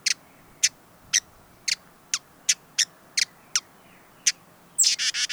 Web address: Hooded visorbearer. صدای-پرنده-آفتابگیر-کلاهدار